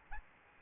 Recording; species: mosquito wingbeat signal from an infrared sensor; Aedes albopictus